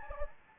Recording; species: mosquito wingbeat signal from an infrared sensor; Anopheles gambiae